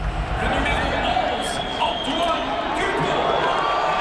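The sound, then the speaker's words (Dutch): A large Rugby Sevens stadium crowd roars with steady applause and cheering, loudest for France's number 11, Antoine Dupont, a dense, continuous wash of clapping and voices at a constant loud level with no single speaker standing out. “En het hardste applaus is er voor nummer 11.”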